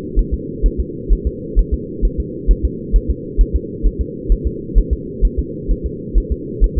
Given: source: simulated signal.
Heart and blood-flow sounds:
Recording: fetal heart sounds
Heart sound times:
0.19 s: S1
0.34 s: S2
0.66 s: S1
0.80 s: S2
1.13 s: S1
1.27 s: S2
1.59 s: S1
1.74 s: S2
2.05 s: S1
2.20 s: S2
2.51 s: S1
2.65 s: S2
2.96 s: S1
3.10 s: S2
3.41 s: S1
3.56 s: S2
3.86 s: S1
4.01 s: S2
4.32 s: S1
4.47 s: S2
4.78 s: S1
4.93 s: S2
5.25 s: S1
5.39 s: S2
5.71 s: S1
5.86 s: S2
6.18 s: S1
6.32 s: S2
6.64 s: S1
6.78 s: S2
From the record:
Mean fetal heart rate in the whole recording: 130 bpm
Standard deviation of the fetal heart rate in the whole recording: 2 bpm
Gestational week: 36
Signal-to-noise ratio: -4.1 dB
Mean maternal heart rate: no maternal heart sound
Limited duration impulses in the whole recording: absent

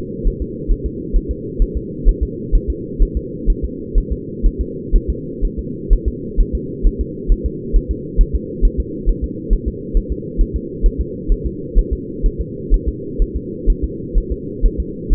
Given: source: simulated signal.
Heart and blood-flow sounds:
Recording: fetal heart sounds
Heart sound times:
0.28 s: S1
0.42 s: S2
0.72 s: S1
0.86 s: S2
1.16 s: S1
1.31 s: S2
1.62 s: S1
1.77 s: S2
2.09 s: S1
2.23 s: S2
2.55 s: S1
2.70 s: S2
3.03 s: S1
3.17 s: S2
3.50 s: S1
3.65 s: S2
3.98 s: S1
4.12 s: S2
4.46 s: S1
4.61 s: S2
4.96 s: S1
5.10 s: S2
5.45 s: S1
5.59 s: S2
5.93 s: S1
6.08 s: S2
6.40 s: S1
6.55 s: S2
6.87 s: S1
7.01 s: S2
7.32 s: S1
7.46 s: S2
7.76 s: S1
7.91 s: S2
8.21 s: S1
8.35 s: S2
8.65 s: S1
8.80 s: S2
9.09 s: S1
9.24 s: S2
9.53 s: S1
9.68 s: S2
9.97 s: S1
10.12 s: S2
10.41 s: S1
10.56 s: S2
10.86 s: S1
11.01 s: S2
11.32 s: S1
11.46 s: S2
11.79 s: S1
11.93 s: S2
12.26 s: S1
12.41 s: S2
12.74 s: S1
12.89 s: S2
13.22 s: S1
13.36 s: S2
13.70 s: S1
13.84 s: S2
14.18 s: S1
14.32 s: S2
14.66 s: S1
14.80 s: S2
15.13 s: S1
From the record:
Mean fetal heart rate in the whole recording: 130 bpm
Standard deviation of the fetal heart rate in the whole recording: 4 bpm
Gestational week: 38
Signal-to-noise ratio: -4.1 dB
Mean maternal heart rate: no maternal heart sound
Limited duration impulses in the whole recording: absent

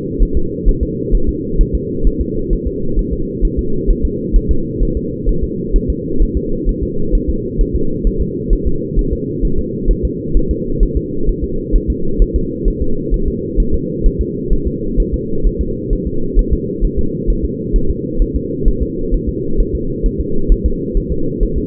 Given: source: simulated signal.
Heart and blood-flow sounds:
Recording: fetal heart sounds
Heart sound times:
0.23 s: S1
0.37 s: S2
0.69 s: S1
0.83 s: S2
1.15 s: S1
1.29 s: S2
1.61 s: S1
1.75 s: S2
2.07 s: S1
2.21 s: S2
2.53 s: S1
2.67 s: S2
2.99 s: S1
3.13 s: S2
3.45 s: S1
3.59 s: S2
3.91 s: S1
4.05 s: S2
4.36 s: S1
4.51 s: S2
4.83 s: S1
4.97 s: S2
5.29 s: S1
5.44 s: S2
5.76 s: S1
5.90 s: S2
6.23 s: S1
6.37 s: S2
6.69 s: S1
6.83 s: S2
7.15 s: S1
7.30 s: S2
7.61 s: S1
7.76 s: S2
8.07 s: S1
8.22 s: S2
8.53 s: S1
8.67 s: S2
8.99 s: S1
9.13 s: S2
9.45 s: S1
9.59 s: S2
9.91 s: S1
10.05 s: S2
10.37 s: S1
10.51 s: S2
10.83 s: S1
10.97 s: S2
11.29 s: S1
11.44 s: S2
11.76 s: S1
11.90 s: S2
12.22 s: S1
12.36 s: S2
12.68 s: S1
12.82 s: S2
13.14 s: S1
13.28 s: S2
13.60 s: S1
13.74 s: S2
14.06 s: S1
14.21 s: S2
14.53 s: S1
14.67 s: S2
15.00 s: S1
15.14 s: S2
15.47 s: S1
15.61 s: S2
15.93 s: S1
16.07 s: S2
16.39 s: S1
16.53 s: S2
16.85 s: S1
16.99 s: S2
17.30 s: S1
17.45 s: S2
17.76 s: S1
17.90 s: S2
18.22 s: S1
18.36 s: S2
18.68 s: S1
18.83 s: S2
19.14 s: S1
19.29 s: S2
19.60 s: S1
19.75 s: S2
20.06 s: S1
20.21 s: S2
20.52 s: S1
20.66 s: S2
20.97 s: S1
21.12 s: S2
21.43 s: S1
21.58 s: S2
From the record:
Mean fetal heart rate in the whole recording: 130 bpm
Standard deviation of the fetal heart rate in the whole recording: 2 bpm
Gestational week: 38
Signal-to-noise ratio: -8.1 dB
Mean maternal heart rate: 72 bpm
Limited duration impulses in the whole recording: absent

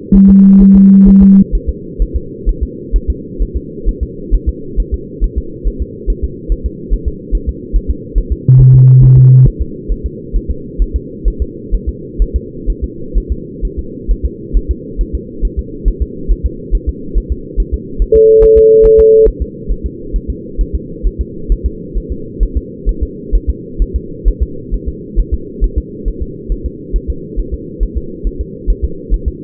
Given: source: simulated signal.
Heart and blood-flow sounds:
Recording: fetal heart sounds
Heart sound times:
0.16 s: S1
0.30 s: S2
0.62 s: S1
0.76 s: S2
1.08 s: S1
1.22 s: S2
1.55 s: S1
1.69 s: S2
2.02 s: S1
2.16 s: S2
2.49 s: S1
2.63 s: S2
2.96 s: S1
3.10 s: S2
3.42 s: S1
3.56 s: S2
3.89 s: S1
4.03 s: S2
4.34 s: S1
4.49 s: S2
4.80 s: S1
4.94 s: S2
5.24 s: S1
5.38 s: S2
5.67 s: S1
5.82 s: S2
6.10 s: S1
6.24 s: S2
6.52 s: S1
6.66 s: S2
6.93 s: S1
7.08 s: S2
7.35 s: S1
7.49 s: S2
7.76 s: S1
7.91 s: S2
8.18 s: S1
8.32 s: S2
8.61 s: S1
8.75 s: S2
9.04 s: S1
9.18 s: S2
9.47 s: S1
9.62 s: S2
9.92 s: S1
10.06 s: S2
10.36 s: S1
10.51 s: S2
10.82 s: S1
10.96 s: S2
11.28 s: S1
11.42 s: S2
11.74 s: S1
11.89 s: S2
12.22 s: S1
12.36 s: S2
12.70 s: S1
12.84 s: S2
13.17 s: S1
13.32 s: S2
13.65 s: S1
13.79 s: S2
14.11 s: S1
14.25 s: S2
14.57 s: S1
14.71 s: S2
15.01 s: S1
15.15 s: S2
15.45 s: S1
15.59 s: S2
15.88 s: S1
16.02 s: S2
16.31 s: S1
16.46 s: S2
16.75 s: S1
16.89 s: S2
17.17 s: S1
17.32 s: S2
17.60 s: S1
17.74 s: S2
18.02 s: S1
18.16 s: S2
18.44 s: S1
18.58 s: S2
18.85 s: S1
19.00 s: S2
19.28 s: S1
19.42 s: S2
19.72 s: S1
19.86 s: S2
20.16 s: S1
20.30 s: S2
20.61 s: S1
20.75 s: S2
21.07 s: S1
21.21 s: S2
21.52 s: S1
21.66 s: S2
21.97 s: S1
22.12 s: S2
22.43 s: S1
22.57 s: S2
22.89 s: S1
23.03 s: S2
23.35 s: S1
23.50 s: S2
23.82 s: S1
23.96 s: S2
24.28 s: S1
24.42 s: S2
24.74 s: S1
24.88 s: S2
25.19 s: S1
25.34 s: S2
25.64 s: S1
25.78 s: S2
26.08 s: S1
26.22 s: S2
26.52 s: S1
26.66 s: S2
26.96 s: S1
27.10 s: S2
27.39 s: S1
27.54 s: S2
27.83 s: S1
27.97 s: S2
28.27 s: S1
28.41 s: S2
28.70 s: S1
28.84 s: S2
29.14 s: S1
29.28 s: S2
From the record:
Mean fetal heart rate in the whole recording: 135 bpm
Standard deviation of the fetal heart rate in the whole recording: 3 bpm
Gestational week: 36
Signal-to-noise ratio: -4.3 dB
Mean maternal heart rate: 72 bpm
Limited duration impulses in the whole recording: present

